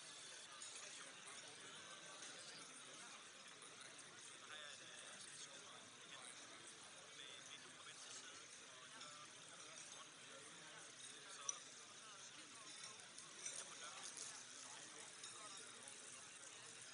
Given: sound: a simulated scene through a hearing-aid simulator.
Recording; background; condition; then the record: conversation; cafeteria; -6 dB SNR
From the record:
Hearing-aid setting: anchor resembling a broken hearing aid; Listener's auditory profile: A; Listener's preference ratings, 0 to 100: 0, 0, 0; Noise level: 65 dB SPL